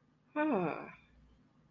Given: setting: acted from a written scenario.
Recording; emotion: vocal sound without words; realization